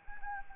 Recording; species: mosquito wingbeat signal from an infrared sensor; Anopheles arabiensis